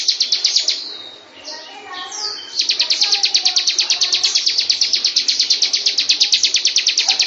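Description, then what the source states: Lovebird giving a long chattering ngekek song of rapid high notes, broken briefly near the start by softer twitters before the fast run resumes steadily. Lovebird performing a long ngekek song.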